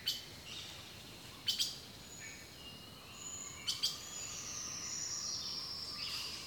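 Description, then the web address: Birds give high chipping calls in doubled bursts, with drawn-out thin whistles gliding above a soft hiss. Rainforest birdsong. "The Natural Sounds of the Wilderness collection Echoes of Nature - Rainforest Birdsong"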